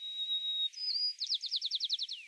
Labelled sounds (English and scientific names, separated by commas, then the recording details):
White-crowned Sparrow (Zonotrichia leucophrys) song
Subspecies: nuttalli
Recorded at Limantour, California, in 2014
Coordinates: 38.020, -122.864
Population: north
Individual CoastTrail2_14